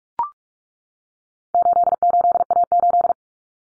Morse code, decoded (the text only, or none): 88A8